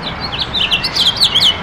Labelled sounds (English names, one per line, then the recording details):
House Finch song
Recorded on Long Island, New York, on 22 June 2012
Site AU
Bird A